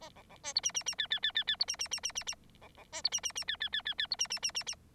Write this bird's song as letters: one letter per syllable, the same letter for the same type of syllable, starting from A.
A B B C D E E E F F F F F D E E E E E E B B C D E E E F F F F F D E E E E E